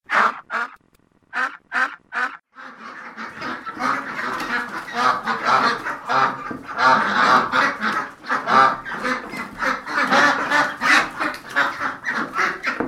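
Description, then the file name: Ducks calling, a few separate harsh quacks at first, then a loud continuous flock chatter of overlapping nasal calls. "kaczka"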